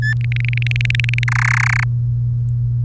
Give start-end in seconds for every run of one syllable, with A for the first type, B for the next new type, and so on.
0.02-0.13 A, 0.21-1.24 B, 1.28-1.84 C